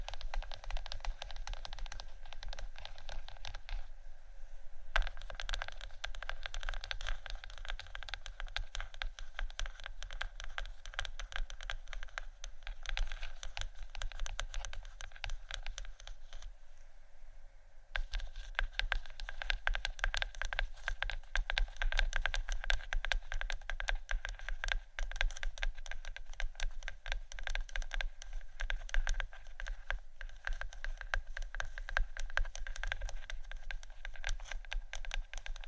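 Faux leather being scratched and tapped in a dense, steady stream of small crackly strokes and ticks. The texture runs almost unbroken for the whole length, with brief thinner patches near four and seventeen seconds, and a low rumble sits underneath throughout.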